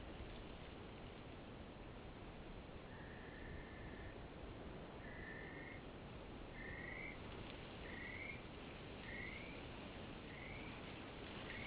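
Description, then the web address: Great spotted kiwi whistles in a quickening sequence, the first notes flat and long, later ones shorter and rising, set against a loud broad hiss of background noise. Duet. "Great spotted kiwi GSK-duet. Sandy"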